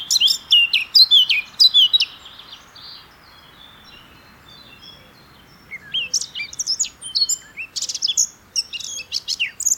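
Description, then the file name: Eurasian blackcap song: bright, rapid warbling phrases with sweeping whistled notes, a quiet spell in the middle, then another fast varied phrase. "Sylvia atricapilla"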